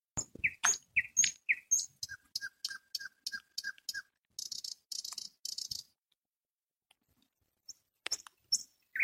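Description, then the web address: Nightingale song: upslurred whistles, then a steady series of short repeated double notes, harsh buzzy pulses, silence, then a few sharp notes and a final whistle. Song of the common nightingale. "spiew slowika slowik wiejski"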